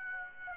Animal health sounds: mosquito wingbeat signal from an infrared sensor; Aedes aegypti

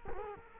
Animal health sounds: mosquito wingbeat signal from an infrared sensor; Culex quinquefasciatus

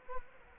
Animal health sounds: mosquito wingbeat signal from an infrared sensor; Culex quinquefasciatus

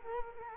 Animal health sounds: mosquito wingbeat signal from an infrared sensor; Culex quinquefasciatus

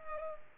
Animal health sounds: mosquito wingbeat signal from an infrared sensor; Culex pipiens

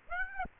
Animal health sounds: mosquito wingbeat signal from an infrared sensor; Aedes aegypti

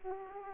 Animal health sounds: mosquito wingbeat signal from an infrared sensor; Aedes aegypti

